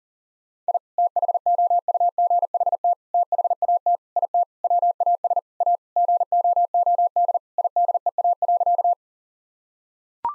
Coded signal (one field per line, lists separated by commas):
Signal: Morse code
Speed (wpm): 40 wpm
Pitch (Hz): 700 Hz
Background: none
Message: I THOUGHT THAT IT WAS A GOOD IDEA.